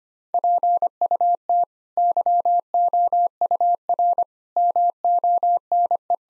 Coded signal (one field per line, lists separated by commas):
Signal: Morse code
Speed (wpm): 25 wpm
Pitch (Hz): 700 Hz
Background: none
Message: PUT YOUR MONE